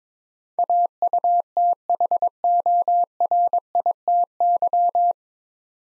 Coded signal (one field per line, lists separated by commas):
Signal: Morse code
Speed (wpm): 22 wpm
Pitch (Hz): 700 Hz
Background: none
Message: AUTHORITY